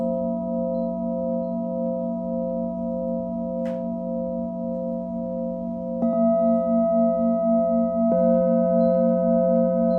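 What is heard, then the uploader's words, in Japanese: Singing bowls and sanukite stone ring in long, sustained tones that pulse with a slow, steady wobble. Fresh strikes near six and eight seconds add new ringing notes and make the sound fuller and louder. A brief bright tick sounds near four seconds over a low steady hum. 真夜中のシンギングボウルのサウンドヒーリング。サヌカイト。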